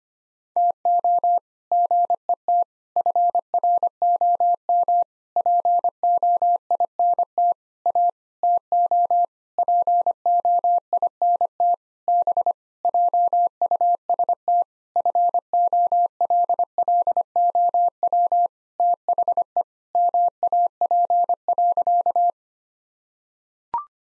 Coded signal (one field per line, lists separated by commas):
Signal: Morse code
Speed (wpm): 25 wpm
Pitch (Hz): 700 Hz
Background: none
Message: TO GET FROM POINT A TO POINT B JUST FOLLOW THE MAP.